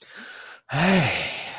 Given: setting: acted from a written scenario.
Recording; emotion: vocal sound without words; disappointment